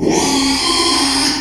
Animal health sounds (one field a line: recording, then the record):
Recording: squeal of a Yucatan mini pig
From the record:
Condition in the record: after surgery on the right vocal fold (resection and tissue-engineered implant)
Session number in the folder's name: 2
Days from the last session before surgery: 13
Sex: male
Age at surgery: 12 weeks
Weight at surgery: 13 kg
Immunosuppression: cyclosporine, prednisolone